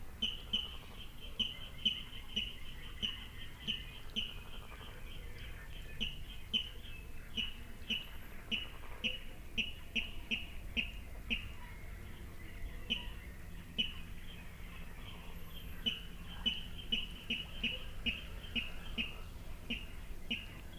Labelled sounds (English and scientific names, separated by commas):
Water Rail (Rallus aquaticus)